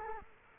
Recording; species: mosquito wingbeat signal from an infrared sensor; Culex quinquefasciatus